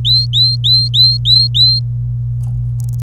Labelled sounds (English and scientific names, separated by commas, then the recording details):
Domestic Canary (Serinus canaria) song
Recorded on 26 April 2018 at 05:49
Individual llb3